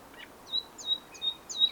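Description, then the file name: Common nightingale song: a few short, high whistled notes, spaced through a quiet background. "Luscinia megarhynchos"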